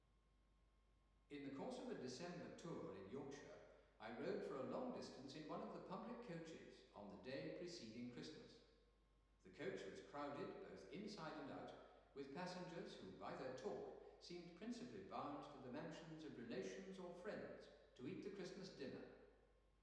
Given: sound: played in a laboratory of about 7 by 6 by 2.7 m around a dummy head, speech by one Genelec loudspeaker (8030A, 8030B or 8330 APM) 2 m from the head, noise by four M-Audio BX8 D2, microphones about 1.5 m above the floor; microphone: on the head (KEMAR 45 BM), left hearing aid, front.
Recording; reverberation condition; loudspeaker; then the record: male speech in English; high; 150 degrees to the left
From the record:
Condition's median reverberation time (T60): about 1300 ms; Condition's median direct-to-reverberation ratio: about -4.0 dB